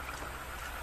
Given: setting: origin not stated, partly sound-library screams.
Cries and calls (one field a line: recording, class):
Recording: one-second piece from a danger detection set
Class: normal situation